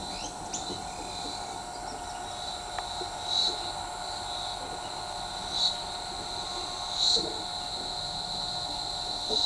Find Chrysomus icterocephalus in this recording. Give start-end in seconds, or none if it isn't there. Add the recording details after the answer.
0.10-0.73. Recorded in shrubland near Pivijay, Magdalena, Colombia, on 13 April 2023 at 12:30. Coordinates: 10.453, -74.365. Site P5-G022